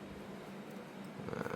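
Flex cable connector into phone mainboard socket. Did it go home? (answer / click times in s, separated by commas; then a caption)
yes / 1.3 s, 1.4 s, 1.5 s. A flex cable connector is pressed onto its mainboard socket while a Samsung Galaxy Fold 4 foldable phone is being reassembled, and it has to sit precisely or the phone won't power on. After a steady low hum, a quick cluster of sharp clicks comes at 1.3, 1.3, 1.4 and 1.5 seconds as the connector snaps into place and seats.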